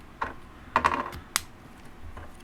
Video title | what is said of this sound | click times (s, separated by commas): Mega Bloks Halo UNSC Mongoose & Emile - V-Build 54 | Proper mushroom pegs. Satisfying click. | 0.8 s, 1.4 s